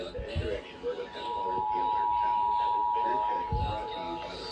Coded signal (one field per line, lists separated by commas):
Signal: Emergency Alert System (SAME) tones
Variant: 853 and 960 Hz attention tone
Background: speech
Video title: August Required Monthly Test - EAS Tests From 8/20/24 (EAS #2429-2436)